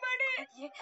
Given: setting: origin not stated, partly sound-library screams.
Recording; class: one-second piece from a danger detection set; woman in danger